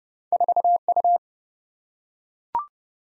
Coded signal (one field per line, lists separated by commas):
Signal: Morse code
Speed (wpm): 29 wpm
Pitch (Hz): 700 Hz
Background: none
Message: 4U